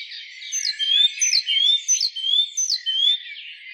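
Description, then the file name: Great tit calls: a steady sequence of high notes, each a quick downward slur paired with a rising whistle, repeated at a regular pace. "Parus major"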